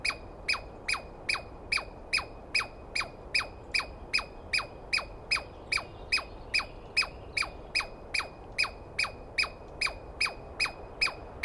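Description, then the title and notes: Douglas squirrel: a long, regular volley of about thirty piercing chirps that drop steeply in pitch, delivered at roughly two and a half per second. Dawn recording on 21 April 2017 in the East Cascades; a single screaming squirrel calling at length, identified by its sound rather than a clear sighting. "Interview With The Chipmunk. On the morning of 21 April, 2017, I set up my microphones and recorder for a nice dawn recording in the East Cascades. I was started awake by a screaming Douglas Pine Squirrel"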